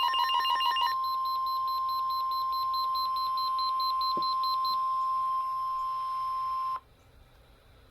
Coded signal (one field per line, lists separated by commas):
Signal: Emergency Alert System (SAME) tones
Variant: 1050 Hz attention tone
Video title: EAS Required Weekly Test NOAA Weather Radio KEC65 (Featuring RadioShack 1679 and CC Pocket!)